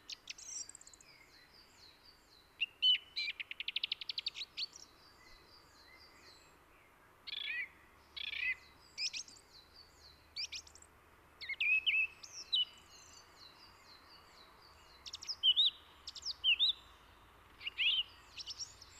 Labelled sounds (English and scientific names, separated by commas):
Song Thrush (Turdus philomelos) song